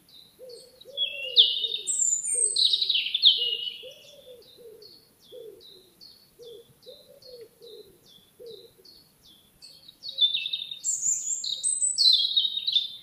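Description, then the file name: European robin: loud, high, varied whistled phrases and soft repeated notes, while a low cooing sound repeats underneath. "Erithacus rubecula"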